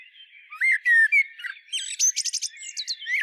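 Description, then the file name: Common blackbird phrase: a few slurred low whistles followed immediately by a fast run of high, squeaky, stuttering notes. "Turdus merula"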